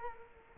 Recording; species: mosquito wingbeat signal from an infrared sensor; Culex quinquefasciatus